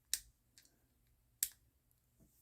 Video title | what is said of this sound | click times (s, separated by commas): L'UGX Professional Nail Drill 35000RPM Brushless Electric Nail Drill Machine Review | click it back in place this thing will not work unless this is clicked in place | 1.4 s